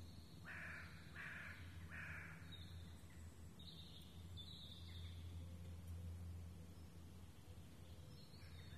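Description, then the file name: Raven calls: three hoarse caws in a rapid row at the start, over a continuous low droning noise. Ravens recorded in the Rambouillet forest, France, on 24 May 2015. "Ravens in Foret de Rambouillet"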